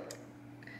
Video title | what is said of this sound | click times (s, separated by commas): SIM Card installation instructions MOFI4500 4G LTE Router | when you push it in you'll feel a click | 0.1 s